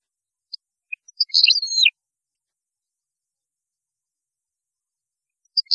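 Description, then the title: European goldfinch with a brief twittering phrase ending in a falling sliding note, a few soft chirps around it. "Chant Chardonneret"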